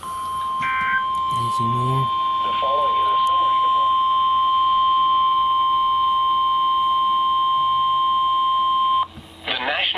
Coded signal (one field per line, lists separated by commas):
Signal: Emergency Alert System (SAME) tones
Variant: 1050 Hz attention tone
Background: speech